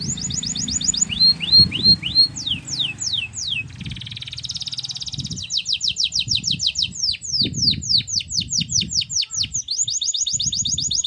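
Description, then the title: Belgian canary singing a long sequence of rapid trills and rolling phrases that change tempo, with a low rumbling background. Belgian canary (Kenari AF) warm-up song, used as masteran tutor song, a long rolling song meant to help young canaries start singing quickly. "Canto Para Esquentar Canário Belga. Kenari AF gacor panjang untuk masteran, Kenari muda cepat gacor ngerol panjang"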